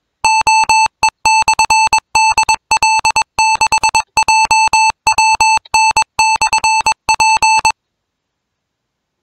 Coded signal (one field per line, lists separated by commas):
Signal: Morse code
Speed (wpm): 21 wpm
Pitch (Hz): 2650 Hz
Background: music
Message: OE/DL6JWN/P